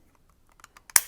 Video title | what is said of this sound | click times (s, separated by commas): Your Oven Timer is Broken? Do This Instead of Calling a Technician! | go this way up and simply clicks into place in those | 1.0 s